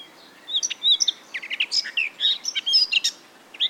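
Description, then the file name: Eurasian blackcap giving a rapid run of high, sharp chirps and short warbled notes, scratchy and varied, packed closely with brief gaps between phrases. "Sylvia atricapilla"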